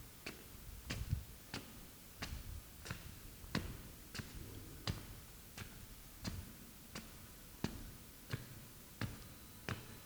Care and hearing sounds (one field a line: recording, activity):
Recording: daily activity, guitar pickup as the sensor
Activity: walk